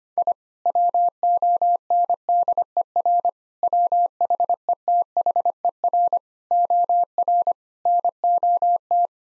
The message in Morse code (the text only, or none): I WONDER WHETHER OR NOT